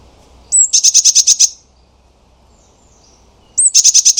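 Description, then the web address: Eurasian blue tit call: a thin high note followed by a fast buzzy churr of about seven pulses, given twice, about three seconds apart, in otherwise quiet surroundings. "cianscape birddata Deverinetal 2025 File origin Bird Only Cy Ca"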